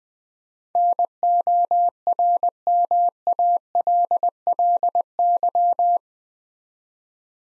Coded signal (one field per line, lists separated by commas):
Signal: Morse code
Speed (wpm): 20 wpm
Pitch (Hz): 700 Hz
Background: none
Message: NORMALLY